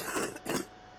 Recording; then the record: coughing mixed with background sound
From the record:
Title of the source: 30 Chesty and wet cough